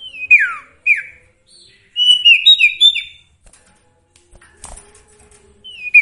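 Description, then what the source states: Sooty-headed bulbul song: descending slurred whistles, then a quick string of bubbly, warbling notes, a pause with soft clicks, and a final falling whistle. Song with full variations, used for training songbirds (masteran).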